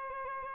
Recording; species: mosquito wingbeat signal from an infrared sensor; Aedes albopictus